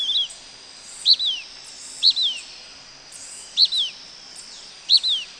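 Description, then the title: Blackish pewee uttering sharp, high, falling two-note calls roughly every second or two, set against a continuous high-pitched insect drone. Nominate subspecies Contopus nigrescens nigrescens. "LuckyPassaro Completos2Sama. Blackish Pewee"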